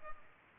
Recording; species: mosquito wingbeat signal from an infrared sensor; Culex pipiens